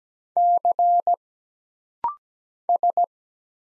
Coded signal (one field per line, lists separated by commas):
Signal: Morse code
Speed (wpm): 17 wpm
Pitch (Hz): 700 Hz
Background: none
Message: C S